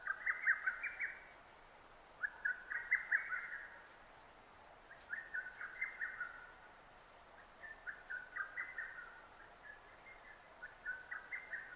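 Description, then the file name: Lesser cuckoo giving a series of five choppy, fast phrases of sharp notes, each separated by a brief silence. 6 June 2009. "hototogisu-20090606"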